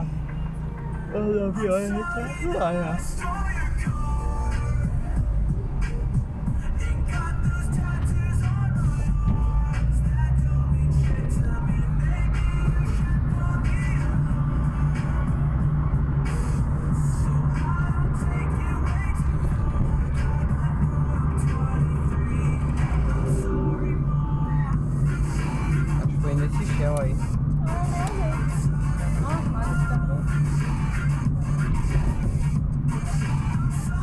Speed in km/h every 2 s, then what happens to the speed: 0, 0, 9, 14, 22, 35, 38, 41, 43, 46, 49, 49, 48, 48, 47, 41, 30.
0-2 standing. 2-20 pulls away to 49. 20-29 steady at about 48. 29-34 brakes to 30.